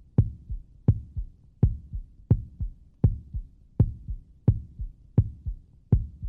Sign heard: Heartbeat normal beat human hospital.